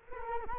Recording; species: mosquito wingbeat signal from an infrared sensor; Culex quinquefasciatus